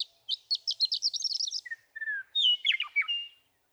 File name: Western Meadowlark